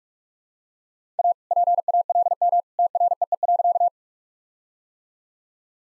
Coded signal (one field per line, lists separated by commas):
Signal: Morse code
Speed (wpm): 44 wpm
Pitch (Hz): 700 Hz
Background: none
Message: A PALM TREE.